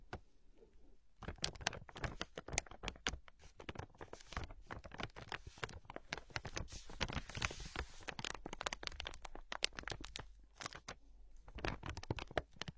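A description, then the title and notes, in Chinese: Plastic everyday objects are tapped, crinkled and handled. After a hushed first second, crisp clicks and scratchy taps arrive rapidly and irregularly, thickening around the middle and thinning briefly near eleven seconds. 日常用品（塑料制品）的触发音。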